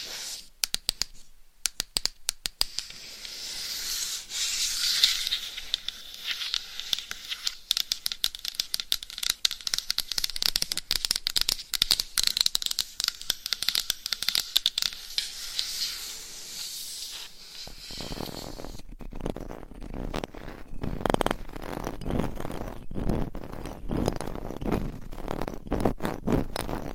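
Scratching on a microphone, dense crackly bursts high and bright for about eighteen seconds, then fuller, lower rubbing scrapes to the end.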